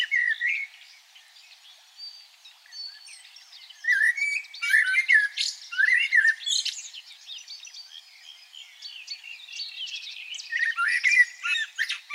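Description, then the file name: Common blackbird song in irregular loud spells of fluty warbles and squeaky twitters, with quieter chirping between spells and a final lively burst. "Turdus merula"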